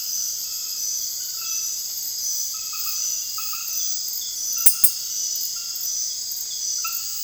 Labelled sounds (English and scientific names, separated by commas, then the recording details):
none
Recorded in dense forest near Puerto Asís, Putumayo, Colombia, on 19 February 2024 at 03:30
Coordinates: 0.485, -76.318
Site G6408